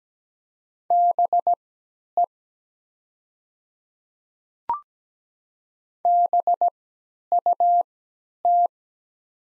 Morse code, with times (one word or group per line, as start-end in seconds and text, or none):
0.9-2.2 BE
6.1-8.7 BUT